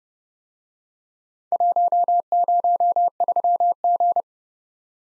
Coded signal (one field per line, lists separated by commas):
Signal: Morse code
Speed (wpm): 29 wpm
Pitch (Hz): 700 Hz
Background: none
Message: 103G